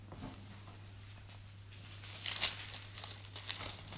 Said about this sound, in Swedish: Jag kan bläddra fram.